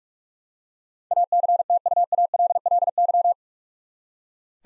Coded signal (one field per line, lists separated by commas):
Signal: Morse code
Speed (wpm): 45 wpm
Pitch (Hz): 700 Hz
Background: none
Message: ACTUALLY